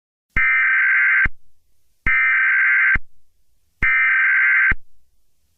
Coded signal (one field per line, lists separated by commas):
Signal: Emergency Alert System (SAME) tones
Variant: header bursts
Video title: EAS Scenario #2: Not A Natural Disaster